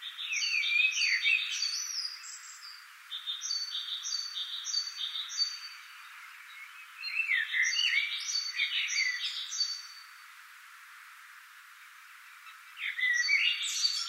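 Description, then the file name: Common blackbird singing three warbled phrases with squeaky flourishes, separated by pauses, while another bird's high, thin notes repeat in short runs. "Turdus merula"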